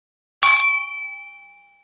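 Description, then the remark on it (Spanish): Glasses clink once in a toast, a sharp bright strike followed by high, clear ringing tones that slowly fade away over more than a second, with no voices. “con este brindis cerramos por hoy y por esta temporada Ciencia Radiante”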